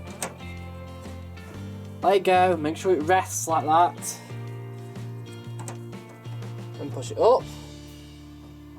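A plastic filter access cover is being handled against the front panel of a Samsung Ecobubble washing machine after the drain pump filter has been cleaned and refitted. Someone talks over steady background music, with a sharp tap near 0.2 s and a few soft knocks around 5.6–5.9 s. Nothing has seated or clicked into place yet.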